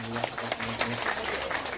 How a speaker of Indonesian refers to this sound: Tepuk tangan, ya, untuk keberdatangan ini lagi.